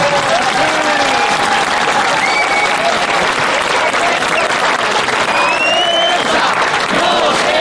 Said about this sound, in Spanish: Por lo tanto, yo creo que estamos de enhorabuena y ahora nos damos un aplauso a nosotros.